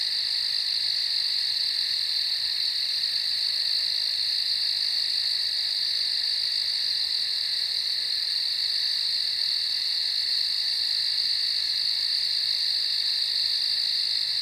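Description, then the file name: Cricket chorus, a continuous high shimmering trill that holds steady in pitch and loudness from start to finish. Field at night. "Field at night with Crickets"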